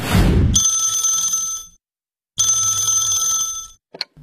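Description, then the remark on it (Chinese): A telephone bell rings twice one morning for a resident of the Aijia residential compound, each long, bright, trilling burst separated by a short silence, followed by a quick click at the end. “说到这个有访客到来呀，这不这天早上住在爱家小区的老何就接到了一个让他特别开心的电话。”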